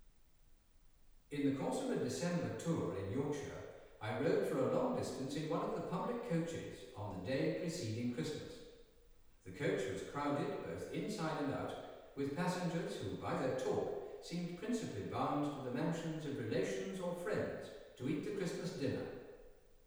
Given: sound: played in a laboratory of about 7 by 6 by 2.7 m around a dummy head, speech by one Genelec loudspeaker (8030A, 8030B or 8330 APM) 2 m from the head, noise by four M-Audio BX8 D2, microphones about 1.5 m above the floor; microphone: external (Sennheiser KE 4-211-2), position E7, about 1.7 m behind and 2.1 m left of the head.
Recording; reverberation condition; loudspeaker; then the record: male speech in English; high; 30 degrees to the right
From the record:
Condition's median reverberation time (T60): about 1300 ms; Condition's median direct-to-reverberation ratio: about -4.0 dB